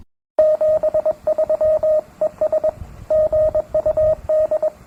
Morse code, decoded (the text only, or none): 73 ES GUD